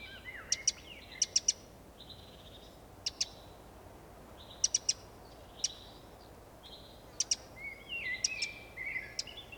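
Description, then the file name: Eurasian wren giving paired and tripled dry ticks between short twittering phrases and thin level whistles. "Troglodytes troglodytes"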